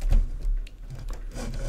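A plastic power cable connector is handled and lined up with the square-keyed power port at the top of a board, making soft rubbing and scraping sounds with a few brief ticks. Nothing has seated or clicked yet.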